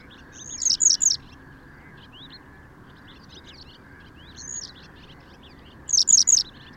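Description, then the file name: Western yellow wagtail repeating groups of three high, downslurred notes, with scattered softer chirps between them and a constant low rumble underneath. "Gele Kwikstaart Motacilla flava"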